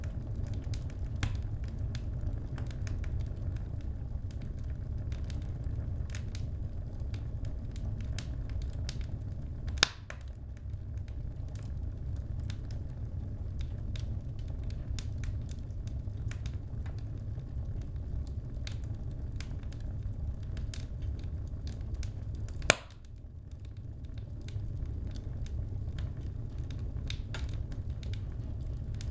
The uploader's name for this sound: Wood Burning Stove Carckling